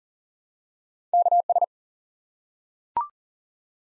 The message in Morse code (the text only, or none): KS